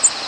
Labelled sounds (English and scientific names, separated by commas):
American Redstart (Setophaga ruticilla) flight call